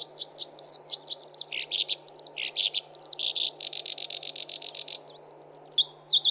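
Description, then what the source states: Black-browed Reed Warbler song of quick varied chips and slurred scratchy notes leading into a fast buzzy trill, a short pause, then more chattering notes; low hum underneath. Song-tutoring (masteran) recording for training songbirds.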